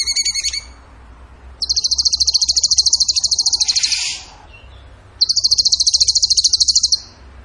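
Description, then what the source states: Bird song of long, fast pulsed high trills, two main bursts of about two seconds each, after a brief pulsed note at the start. Masteran (training recording) for song birds in the tembakan gacor song style.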